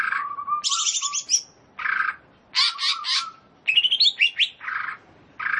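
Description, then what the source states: Leafbird song of varied phrases: buzzy notes, a high rattling trill, harsh chatters and a run of rising whistled slurs. Described as gacor.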